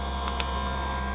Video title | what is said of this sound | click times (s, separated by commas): Allison's Versace 1175 B with Rx Transitions & Crizal Anti Glare Lenses | when you hear the snap it means the string is in the G Groove | 0.4 s